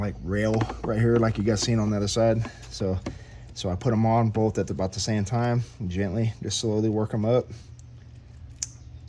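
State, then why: Seated. Two plastic wiring clips are pressed onto the plastic rail on the back bank of a Macan S engine at the same time and slowly worked up. Someone talks through most of the clip, then sharp snaps are heard at 7.8 s and 8.6 s as the clips seat onto the rail.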